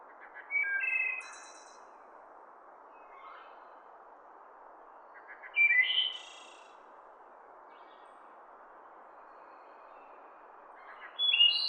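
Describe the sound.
Wood thrush delivering three fluting song phrases roughly five seconds apart, each with low introductory notes and a rolling high trill, against a continuous background hiss.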